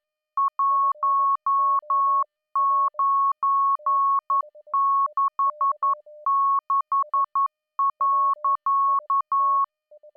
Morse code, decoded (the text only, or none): 1966.